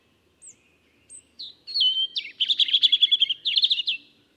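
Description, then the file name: European robin song: a few thin high whistles, then a sustained note leading into a fast, scratchy, warbling trill lasting about two seconds. "Erithacus rubecula"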